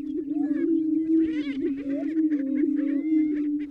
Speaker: a group of males in full display. You hear the deep cooing sound of the greater prairie chickens inflating these air sacs in their necks.